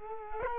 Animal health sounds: mosquito wingbeat signal from an infrared sensor; Culex quinquefasciatus

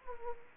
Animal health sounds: mosquito wingbeat signal from an infrared sensor; Anopheles gambiae

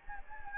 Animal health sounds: mosquito wingbeat signal from an infrared sensor; Anopheles gambiae

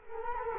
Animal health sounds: mosquito wingbeat signal from an infrared sensor; Culex quinquefasciatus

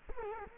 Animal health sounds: mosquito wingbeat signal from an infrared sensor; Culex quinquefasciatus

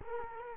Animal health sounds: mosquito wingbeat signal from an infrared sensor; Culex quinquefasciatus

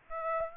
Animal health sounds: mosquito wingbeat signal from an infrared sensor; Aedes aegypti

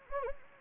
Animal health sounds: mosquito wingbeat signal from an infrared sensor; Anopheles gambiae

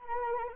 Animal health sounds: mosquito wingbeat signal from an infrared sensor; Anopheles arabiensis

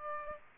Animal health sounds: mosquito wingbeat signal from an infrared sensor; Aedes aegypti

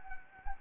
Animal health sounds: mosquito wingbeat signal from an infrared sensor; Anopheles arabiensis

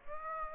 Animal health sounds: mosquito wingbeat signal from an infrared sensor; Aedes aegypti

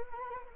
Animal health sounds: mosquito wingbeat signal from an infrared sensor; Anopheles arabiensis

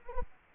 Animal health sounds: mosquito wingbeat signal from an infrared sensor; Culex quinquefasciatus

